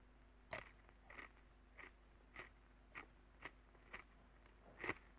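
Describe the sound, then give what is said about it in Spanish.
Someone chewing food in a steady rhythm, about nine soft, crunchy bites spaced roughly half a second apart, with a faint low hum underneath and no talking. “Sigue comiendo mientras contestas mis preguntas, pero no hables con la boca llena.”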